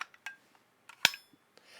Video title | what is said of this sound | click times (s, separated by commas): Sewing Street - 22/05/2020 - Mega Fabric Bundles & Block of The Week 7 with John Cole - Morgan | then when I hear that click my rotary cutter is closed | 1.0 s